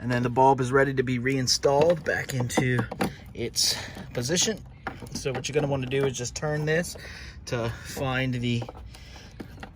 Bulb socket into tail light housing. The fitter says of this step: where the notches are and then you'll hear it pop like that make sure it's secure